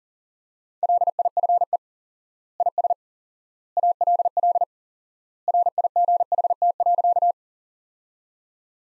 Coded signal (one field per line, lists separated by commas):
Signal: Morse code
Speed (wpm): 40 wpm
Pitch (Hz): 700 Hz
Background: none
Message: LIFE IS ALL RIGHT.